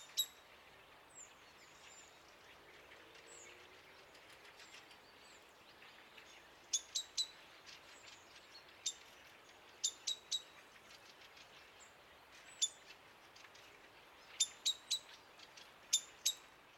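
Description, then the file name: Common blackbird calls: sharp, metallic ticking notes, sometimes single, sometimes in quick runs of two or three, scattered irregularly over a quiet background with faint high chirps early on. "Turdus merula"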